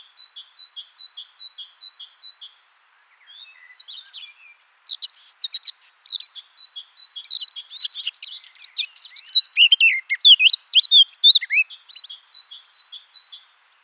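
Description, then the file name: Eurasian blackcap singing: a row of soft repeated high notes, then a hurried chattering warble swelling into loud, rich flute-like whistles, ending on repeated thin notes. "Sylvia atricapilla"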